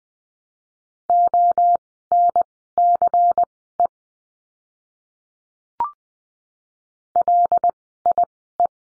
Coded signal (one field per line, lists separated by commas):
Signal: Morse code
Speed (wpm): 20 wpm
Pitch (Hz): 700 Hz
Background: none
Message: ONCE LIE